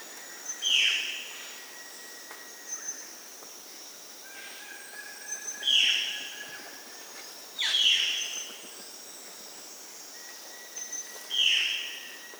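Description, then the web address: Violaceous jay giving loud, harsh downslurred calls every two to five seconds, with thin steady whistled tones from other birds or insects underneath. South America. "S America Violaceous Jay (Cyanocorax violaceus"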